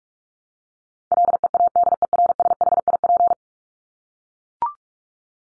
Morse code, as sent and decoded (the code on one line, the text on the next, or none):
.-.. . .- -.. . .-. ... .... .. .--.
LEADERSHIP